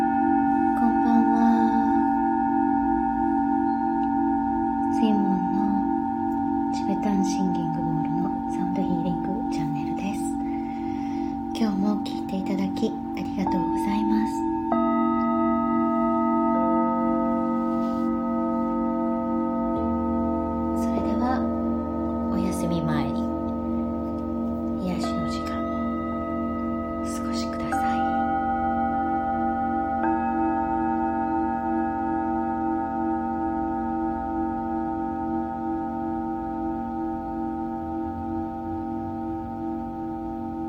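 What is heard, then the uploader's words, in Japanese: Singing bowls ring in long, steady sustained tones, with several pitches layered and new strikes added around 15, 17, 20, 25 and 28 seconds. A voice speaks intermittently over the first half, and a low hum joins from about 20 seconds on. Singing Bowl のサウンドヒーリング。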